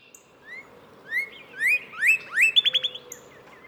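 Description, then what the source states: Northern Cardinal song: several upslurred whistles that end in a fast trill of short notes. Male.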